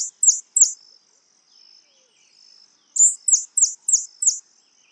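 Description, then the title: White-chinned sapphire calls: very high, sharp chipping notes in short bursts, separated by a quiet gap with faint thin tones. Subspecies griseiventris. "LuckyPassaro Completos2Sama. White-chinned Sapphire"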